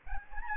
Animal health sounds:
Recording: mosquito wingbeat signal from an infrared sensor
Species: Aedes albopictus

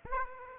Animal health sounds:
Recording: mosquito wingbeat signal from an infrared sensor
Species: Aedes aegypti

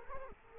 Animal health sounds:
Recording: mosquito wingbeat signal from an infrared sensor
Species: Culex quinquefasciatus

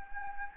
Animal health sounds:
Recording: mosquito wingbeat signal from an infrared sensor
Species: Anopheles gambiae

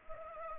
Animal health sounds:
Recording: mosquito wingbeat signal from an infrared sensor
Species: Culex pipiens

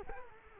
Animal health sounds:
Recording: mosquito wingbeat signal from an infrared sensor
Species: Culex quinquefasciatus

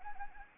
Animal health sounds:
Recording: mosquito wingbeat signal from an infrared sensor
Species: Anopheles gambiae

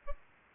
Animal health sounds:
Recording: mosquito wingbeat signal from an infrared sensor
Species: Aedes albopictus

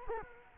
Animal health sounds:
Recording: mosquito wingbeat signal from an infrared sensor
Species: Culex quinquefasciatus

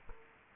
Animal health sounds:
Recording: mosquito wingbeat signal from an infrared sensor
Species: Culex quinquefasciatus

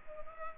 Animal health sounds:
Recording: mosquito wingbeat signal from an infrared sensor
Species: Culex pipiens

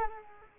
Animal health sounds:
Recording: mosquito wingbeat signal from an infrared sensor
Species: Culex quinquefasciatus

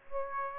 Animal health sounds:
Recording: mosquito wingbeat signal from an infrared sensor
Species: Aedes aegypti

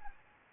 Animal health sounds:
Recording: mosquito wingbeat signal from an infrared sensor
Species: Anopheles arabiensis

